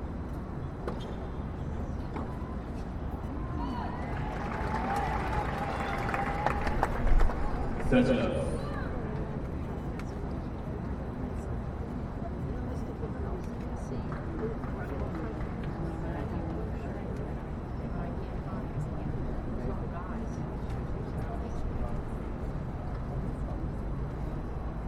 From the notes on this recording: sounds of the US Open tennis championships